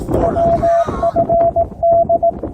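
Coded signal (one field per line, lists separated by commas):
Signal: Morse code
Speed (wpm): 18 wpm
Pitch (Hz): 680 Hz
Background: speech, radio noise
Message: WFD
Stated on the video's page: Winter Field Day park activation with CW on 10 to 80 meters, Yaesu FT-891 at 5 watts, 17-foot whip antenna with radials.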